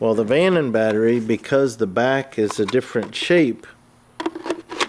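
Someone talks while a third-party Vanon 18 V battery pack is pushed into the battery mount of a Milwaukee M18 cordless tool. After a brief quiet, a cluster of sharp knocks sounds at about 4.2, 4.3, 4.4 and 4.5 seconds. The pack's differently shaped back hits the tool housing, so it stops short and nothing has seated or clicked yet.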